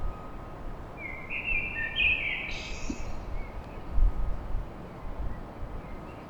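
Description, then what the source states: Common blackbird song: one low, fluted warbling phrase that ends in a high, squeaky twitter, over a steady rumble of background noise. Recorded at dawn in Paris.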